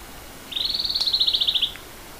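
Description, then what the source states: Pene Sigi bird with a brief, shrill trill of quick repeated notes lasting about a second, gaining strength before stopping, plus a soft click midway. Bird known locally as Pene Sigi, recorded in Papua New Guinea.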